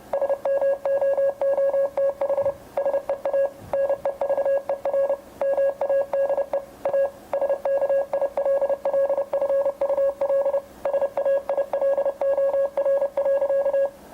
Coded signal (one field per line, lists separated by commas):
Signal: Morse code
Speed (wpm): 30 wpm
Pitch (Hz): 550 Hz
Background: none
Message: SMOOTH SEA NEVER MADE A SKILLFUL SAILOR.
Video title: Morse Code youth outreach presentation in a video format